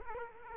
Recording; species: mosquito wingbeat signal from an infrared sensor; Culex quinquefasciatus